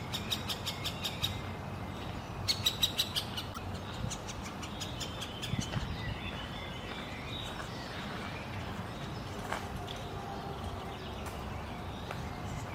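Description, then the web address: Middle spotted woodpecker calls, quick sharp clicking notes in short bursts near the start and again around three seconds, over a steady low hum. Juvenile bird, Tivoli landscape park in Ljubljana, recorded 2 June 2022. "SREDNJI DETEL mladič 2022-06-02 LJUBLJANA Krajinski park Tivoli PICIFORMES Dendrocopos medius"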